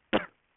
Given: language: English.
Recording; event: throat vibration sensor signal played as sound; cough